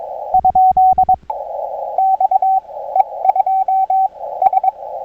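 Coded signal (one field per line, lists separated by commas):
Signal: Morse code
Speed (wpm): 22 wpm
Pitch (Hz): 750 Hz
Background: radio noise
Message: ? XE2S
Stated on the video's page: 20m CW POTA activation from a state recreation area on a Xiegu G90 at 20 W with a 20m delta loop antenna.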